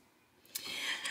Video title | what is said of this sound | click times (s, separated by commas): Brilliance 75Q Demonstration | your bobbins just snap right inside here for the bottom and savers so they don't unravel and get stuck together | 0.6 s